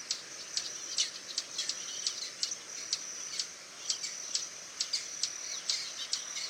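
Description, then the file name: Swallow-tailed hummingbird uttering uneven high chips and short squeaky bursts over a constant thin ringing tone. "Canto do beija flor tesoura"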